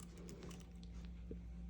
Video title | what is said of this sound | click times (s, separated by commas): IMG 1808 | I had the click sound and it's fixed well so that the patient will not | 0.8 s